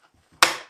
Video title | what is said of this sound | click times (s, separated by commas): WHY People LOVE the 40v SKIL Power Core Chainsaw | lock it into place when you plug your battery in you're going to have an indicator light that | 0.4 s